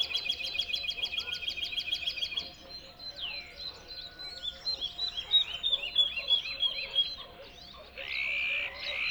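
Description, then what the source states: Bird song starting with a rapid trill, then sliding whistles and twittering, ending in a buzzy phrase. Song delivered from a tree in the Spanish dehesas.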